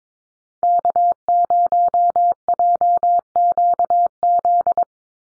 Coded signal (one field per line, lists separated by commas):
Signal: Morse code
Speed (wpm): 22 wpm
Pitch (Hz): 700 Hz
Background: none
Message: K0JQZ